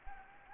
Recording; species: mosquito wingbeat signal from an infrared sensor; Anopheles gambiae